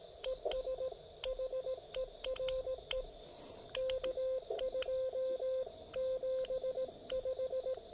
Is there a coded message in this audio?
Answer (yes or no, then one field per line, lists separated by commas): yes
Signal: Morse code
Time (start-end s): 0.3-7.7 s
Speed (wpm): 18 wpm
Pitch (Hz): 530 Hz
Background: radio noise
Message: ES HERE K2 75